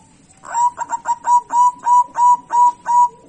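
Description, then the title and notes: Zebra dove song, a fast series of around ten short, evenly pitched coos, the first few hurried, then settling into a steady rhythm of about three per second. Local zebra dove. "Kicau Perkutut Lokal. Kicau Burung Perkutut"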